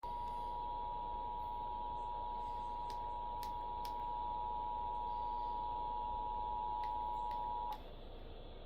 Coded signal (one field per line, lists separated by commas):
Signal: Emergency Alert System (SAME) tones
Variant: 853 and 960 Hz attention tone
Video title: Eas svr on npt Eas#773